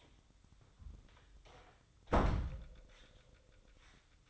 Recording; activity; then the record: daily activity, microphone in the room; close door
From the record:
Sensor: 3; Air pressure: 1004.9 hPa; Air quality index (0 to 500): 74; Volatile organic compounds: 2 ppm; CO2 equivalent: 1114 ppm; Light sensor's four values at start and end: 9/20/8/8 and 8/20/8/8